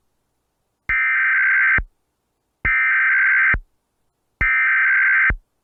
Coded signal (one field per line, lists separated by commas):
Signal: Emergency Alert System (SAME) tones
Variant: header bursts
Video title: EAS Required Monthly Test South Carolina Statewide Test WXRY-LP Colombia, SC +WeatherSTAR4000